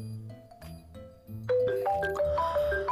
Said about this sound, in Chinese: 电话响起